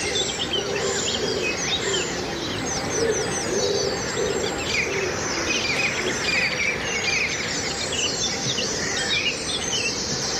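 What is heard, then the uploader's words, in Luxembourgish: A dense dawn chorus of many birds singing at once, their overlapping chirps and trills filling the upper range with no breaks. The level holds steady throughout, with an insect-like buzzing hum and a low rumble underneath. Dawn Chorus. De Chouer vum fréie Mueren - live aus Irland. Anne’s Park an der Bull Island bei Dublin.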